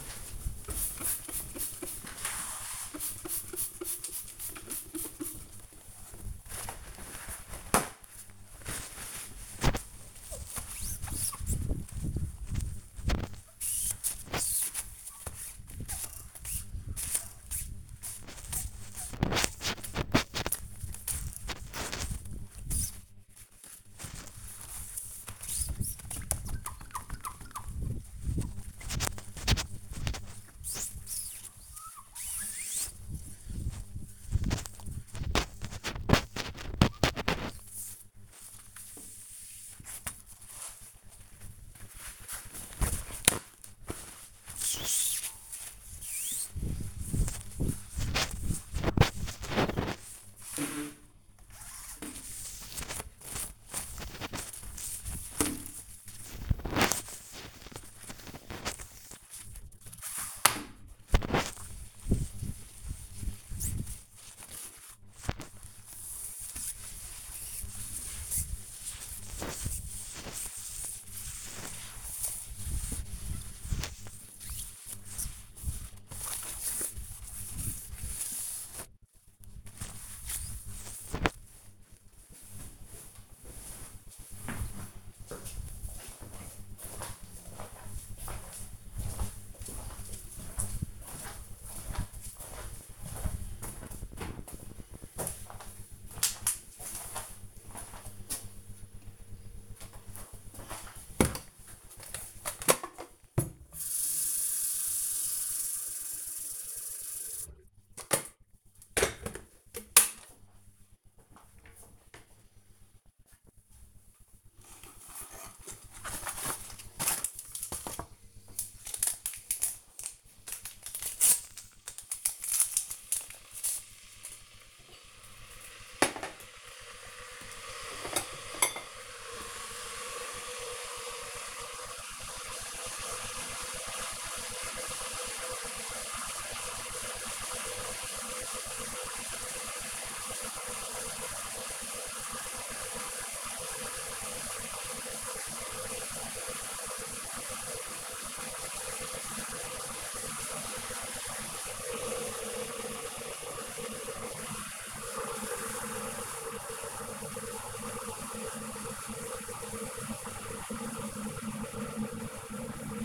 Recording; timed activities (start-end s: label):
household activities, microphone on the right wrist
0.00-82.41 s: window cleaning
99.52-163.04 s: making tea